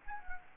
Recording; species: mosquito wingbeat signal from an infrared sensor; Anopheles gambiae